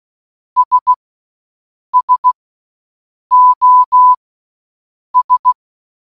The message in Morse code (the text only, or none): S SOS